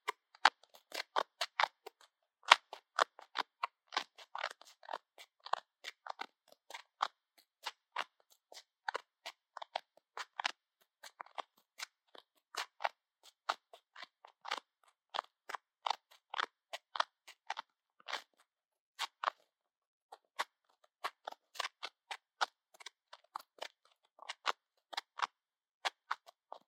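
Ear cleaning: a steady run of sharp, dry crackles and scratchy clicks. They come in quick irregular bursts a few times per second for the full length, with brief gaps near 7, 19 and 26 seconds. The sound is bright and crisp, with nothing low underneath.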